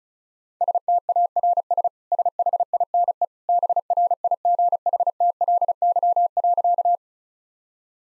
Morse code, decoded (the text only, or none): STARS SHINE BRIGHTLY.